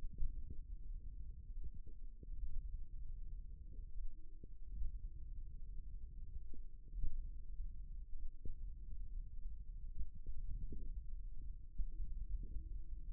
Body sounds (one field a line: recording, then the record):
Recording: forearm muscle sounds (acoustic myography)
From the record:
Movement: thumb flexion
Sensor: system 1, eight BSWA MPA416 microphones around the upper forearm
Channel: 8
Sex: male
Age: 54 years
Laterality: right